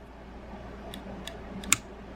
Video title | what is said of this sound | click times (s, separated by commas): WFC Decepticon Soundwave G1 (War For Cybertron) | and a very loud click, and it clicks into place. | 1.7 s